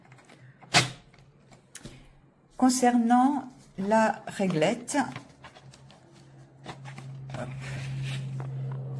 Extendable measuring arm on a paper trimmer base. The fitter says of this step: Il faut pousser et il faut voilà entendre le déclic pour l'ouvrir.